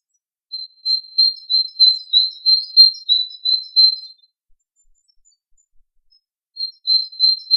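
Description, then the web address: Bird song, a rapid run of high thin chirps on one pitch lasting about four seconds, then a pause and a second shorter run. Native hedge bird. "oeko hecke vogel februar vogel heimisch"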